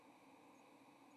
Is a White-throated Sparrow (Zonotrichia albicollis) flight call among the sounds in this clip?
no